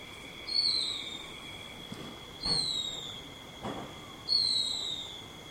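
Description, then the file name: Silvereye calls: three plaintive, high, thin whistles, each sliding downward, spaced about two seconds apart, with a faint thud and a constant high whine behind. Subspecies vegetus. "Zosterops Lateralis Vegetus"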